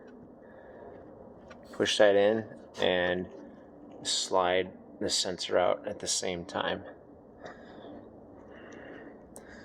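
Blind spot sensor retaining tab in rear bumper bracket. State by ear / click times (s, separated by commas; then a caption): seated / 9.4 s. Someone talks while working a blind spot sensor out of its rear bumper bracket on a Mercedes E-Class W212, pushing in on the plastic retaining tab and sliding the sensor out at the same time. At 9.4 s a sharp click is heard as the tab snaps back into its locked position, so the sensor can't simply be pushed out.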